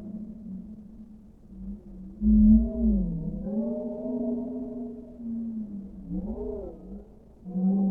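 Whale song with low humming tones, a strong arched moan in the middle and shorter arched calls toward the end.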